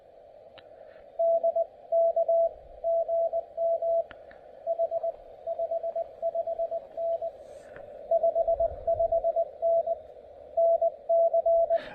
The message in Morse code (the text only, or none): DK GM H 55N 55N NC